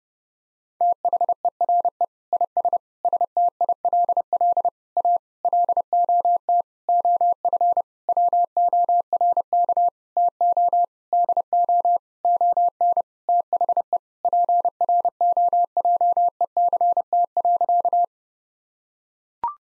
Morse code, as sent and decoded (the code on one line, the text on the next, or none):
- .... . .-. . / .. ... / ... - .. .-.. .-.. / .- / .-.. --- - / --- ..-. / .-- --- .-. -.- / - --- / -.. --- / --- -. / - .... . / .--. .-. --- .--- . -.-. - .-.-.-
THERE IS STILL A LOT OF WORK TO DO ON THE PROJECT.